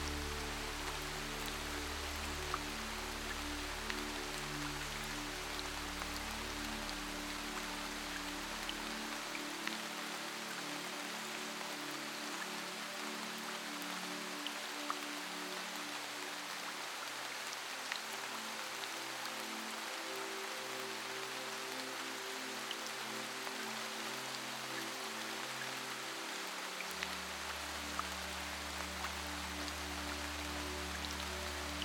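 Heavy rain pours down in a dense, steady hiss that fills the whole clip from start to finish, bright with scattered drops crackling through. Soft, low sustained music tones sit beneath it, thinning out in the middle before the deep notes return near the end.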